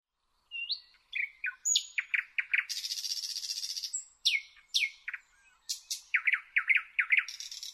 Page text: Jelmer Poelstra - Обыкновенный соловей (Luscinia luscinia)